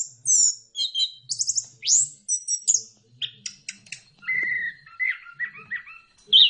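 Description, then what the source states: Bird singing high upslurred whistles, then a rapid stutter of clicks and a series of lower warbled phrases. Bird chirping song played for training and mastering pet birds.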